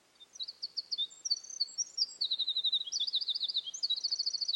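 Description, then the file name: Eurasian wren song, a rapid, very high-pitched burst of varied notes breaking into fast ringing trills, delivered loudly and without pause over about four seconds. "Gaerdesmutte"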